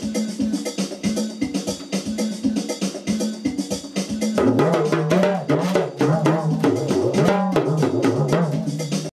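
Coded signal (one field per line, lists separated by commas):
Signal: talking drum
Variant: English speech surrogate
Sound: rapid sequence of resonant drum strokes whose pitch rises and falls like speech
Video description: My Remo Talking drum recites 2 old nursery rhymes; Baa, baa, black sheep, have you any wool?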